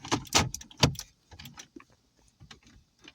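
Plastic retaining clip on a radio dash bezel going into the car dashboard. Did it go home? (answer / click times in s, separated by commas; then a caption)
yes / 0.8 s. A plastic retaining clip on a new radio's plastic dash bezel is pushed one-handed into the dashboard of a 2009–2013 Toyota Corolla after the main mounting clip is lined up. Scraping and rustling lead into a sharp snap at 0.8 s as the clip engages and the bezel seats, followed by quieter handling sounds.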